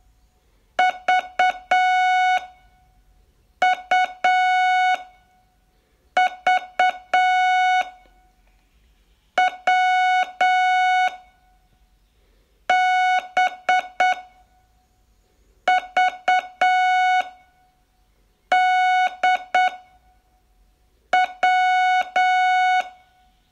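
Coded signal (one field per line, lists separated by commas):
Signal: Morse code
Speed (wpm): 8 wpm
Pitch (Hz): 740 Hz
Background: none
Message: V U V W B V D W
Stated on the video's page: Day 18 of a 42-day Morse training course.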